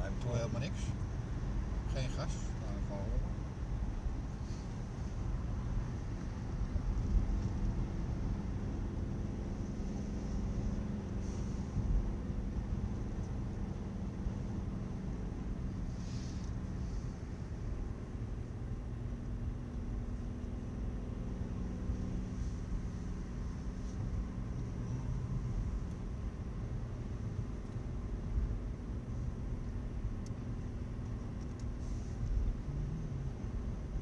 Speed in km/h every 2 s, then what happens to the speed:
78, 79, 74, 74, 76, 74, 71, 68, 65, 67, 64, 65, 65, 66, 66, 67, 66.
0-9 steady at about 76. 9-20 slows to 64. 20-34 steady at about 66.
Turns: none.